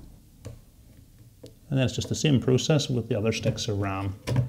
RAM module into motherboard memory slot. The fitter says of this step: and the ram will lock into place and the clip will close and